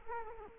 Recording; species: mosquito wingbeat signal from an infrared sensor; Culex quinquefasciatus